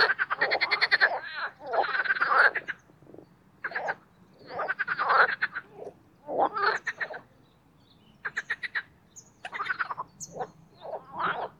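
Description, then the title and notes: Marsh frog calls in bursts of rapid, pulsed croaking, each lasting about half a second to a second, separated by short quiet gaps. Mating chorus in spring in an artificial pond for boating, Oise, France; cold preceding night. "Les grenouilles et l’avion. au Parc Chédeville dans l'Oise. Dans un bassin artificiel créé pour proposer une activité nautique, des grenouilles rieuses se donnent rendez-vous au printemps pour un concert amoureux"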